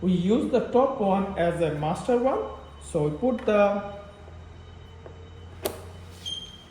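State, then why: Seated. A battery cable connector is pushed into the top battery module, the one used as the master. Someone talks at first, then after a quieter stretch a faint tick comes at 5.1 s. A sharp click follows at 5.7 s as the connector clicks in and is seated.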